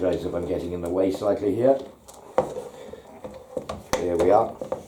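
Someone talks while the plastic grass collection bag frame is hooked onto the rear bar of a Hyundai HYM3800E lawnmower and handled into position. Sharp knocks and taps sound around 2.4 s and 3.9 s. The frame has not clicked or seated yet.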